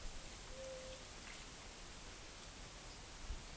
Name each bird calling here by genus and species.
Leptotila verreauxi